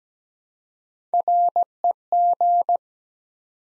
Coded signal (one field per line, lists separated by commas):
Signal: Morse code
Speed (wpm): 17 wpm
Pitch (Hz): 700 Hz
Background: none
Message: REG